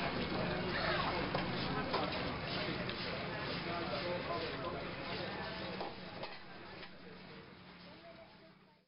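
Morning sounds from a small restaurant: overlapping voices chatter steadily, with a low hum underneath and occasional clinks and knocks around two and six seconds. The mix is dense at first and gradually fades quieter toward the end.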